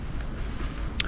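A plastic clip on a car is pushed into a mating clip to fasten it ready for transport. Over a steady low rumble and hiss, a single sharp, loud snap sounds at 1.0 s as the clip seats.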